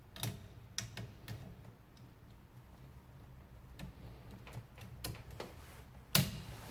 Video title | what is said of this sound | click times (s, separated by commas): Sostituire spazzole tergicristallo - Bosch AeroTwin serie AP - wiper blades replacement | Lorsque vous suivez le son du clic, vous vous arrêtez. | 6.2 s